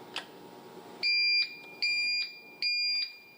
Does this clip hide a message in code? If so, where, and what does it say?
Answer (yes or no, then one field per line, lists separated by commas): no